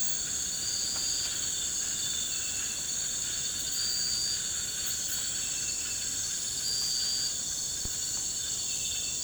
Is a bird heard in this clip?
no